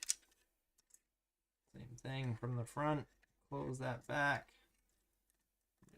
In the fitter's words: this thing pops right out of there